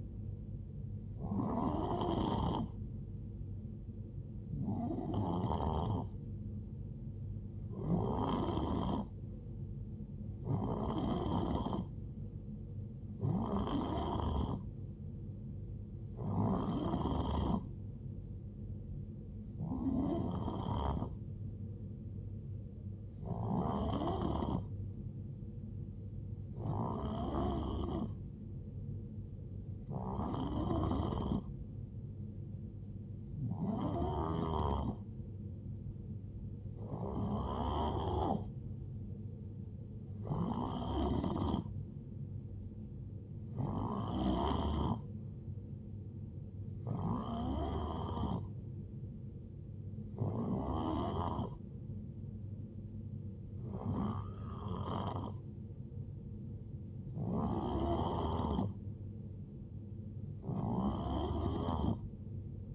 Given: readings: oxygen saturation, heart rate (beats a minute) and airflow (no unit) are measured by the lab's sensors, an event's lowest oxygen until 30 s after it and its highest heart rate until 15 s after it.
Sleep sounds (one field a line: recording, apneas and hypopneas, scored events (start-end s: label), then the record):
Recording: breathing in sleep by a smartphone at the bedside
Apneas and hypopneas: none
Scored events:
none scored
From the record:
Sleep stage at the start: N3 (deep sleep)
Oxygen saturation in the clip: 89 to 91%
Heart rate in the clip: 62 to 77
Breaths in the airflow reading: 19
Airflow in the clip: -7.6 to 5.0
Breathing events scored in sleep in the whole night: 389 in 6.3 hours asleep